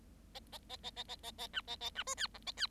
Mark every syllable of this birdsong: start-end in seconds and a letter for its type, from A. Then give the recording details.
0.34-0.40 A, 0.52-0.58 A, 0.69-0.77 A, 0.83-0.91 A, 0.96-1.03 A, 1.08-1.16 A, 1.23-1.31 A, 1.38-1.47 A, 1.53-1.61 B, 1.67-1.76 A, 1.80-1.90 A, 1.95-2.03 B, 2.06-2.15 C, 2.17-2.27 D, 2.34-2.38 E, 2.46-2.52 A, 2.57-2.67 D. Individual Bird7